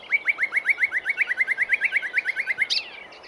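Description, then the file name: Common nightingale song phrase of many quick, repeated chirping notes, steady in pitch, ending with a short harsh burst. "Luscinia megarhynchos"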